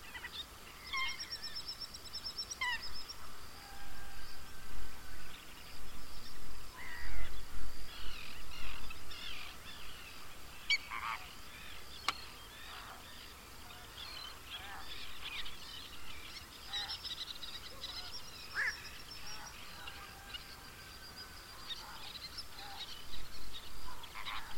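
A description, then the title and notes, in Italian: At the Cabras lagoon, birds chirp and twitter almost without pause, with short bright calls crowding over one another for the whole stretch. A steady low rumble runs underneath, swelling a little around seven seconds, and a faint high whine hangs in the background. Lo Stagno – Cabras.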